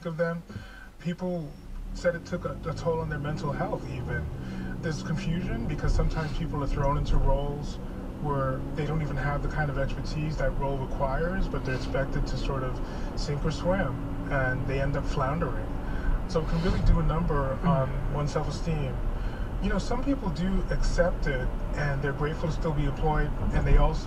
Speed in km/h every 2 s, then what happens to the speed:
0, 10, 21, 31, 35, 44, 52, 58, 60, 60, 58, 58.
1-14 pulls away to 58. 14-24 steady at about 58.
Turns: none.